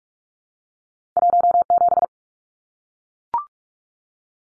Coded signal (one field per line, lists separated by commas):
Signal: Morse code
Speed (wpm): 44 wpm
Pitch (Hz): 700 Hz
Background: none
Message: 17